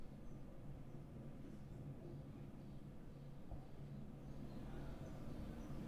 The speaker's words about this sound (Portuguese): Isso aí é trem passando, não é mole? Quem mora mal, mora mal.